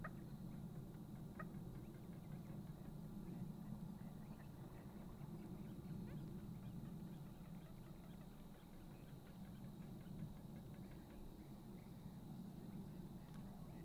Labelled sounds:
Little Crake mating call
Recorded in the wild
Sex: pair
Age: adult
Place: Gartz (Oder), Nationalpark Unteres Odertal, Brandenburg, DE
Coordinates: 53.1, 14.35
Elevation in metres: 1
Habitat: wetland
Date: 2016-04-22 23:45
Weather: clear, 5°C, almost windless
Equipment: Sound Devices 702, Sennheiser MKH 70, Rycote Windschutz
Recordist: Frommolt, Karl-Heinz

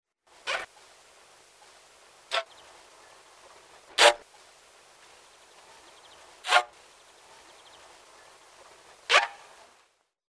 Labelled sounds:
Asian Elephant
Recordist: Tembrock, Günter
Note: Bettellaute eines Weibchens

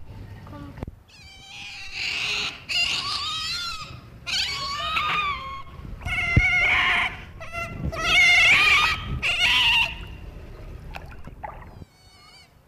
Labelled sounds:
European Otter call
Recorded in captivity
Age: juvenile
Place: Tierpark Berlin, Berlin, DE
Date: 1964-11-29 12:30
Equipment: Telefunken Magnetophon 300, Sennheiser MD 421, Transistorverstärker, Kopie Smaragd
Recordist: Tembrock, Günter
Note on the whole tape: Halbwüchsige: diverse Laute. Abstand 2-4 m

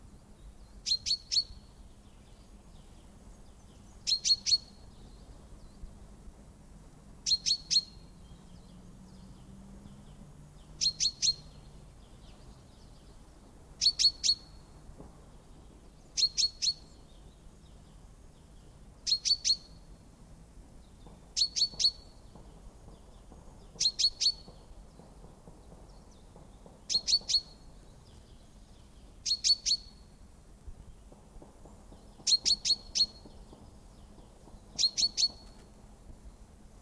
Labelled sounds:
Common Chaffinch
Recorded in the wild
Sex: male
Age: adult
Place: Kaiserslautern, Rheinland-Pfalz, DE
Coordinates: 49.4372, 7.80972
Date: 1962-04-09
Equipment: Stellavox SM 5, Original, Vollspur
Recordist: Tretzel, Erwin

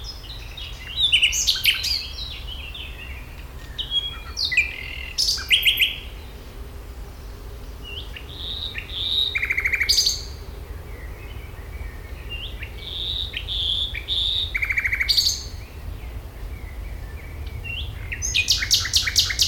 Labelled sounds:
Common Nightingale
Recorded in the wild
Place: Schloßpark Niederschönhausen, Berlin, DE
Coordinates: 52.58, 13.4
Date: 1996-05-26 17:30
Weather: wechselnd wolkig, 17°C
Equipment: Sony MD-WM MZ-R3, Sennheiser MKH 416 T, Kopie Uher 4000 Report Monitor
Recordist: Tembrock, Günter

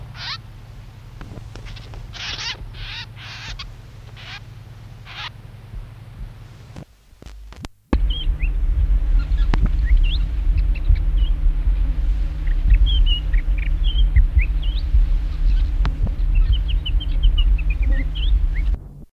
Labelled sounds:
Chestnut-vented Warbler
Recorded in the wild
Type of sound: call, song
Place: Südwestafrika
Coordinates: -23, 17
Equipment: Halbspur, 9,5 cm/s
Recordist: Lütgens, Hans
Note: Rufe im Netz, dann Gesang

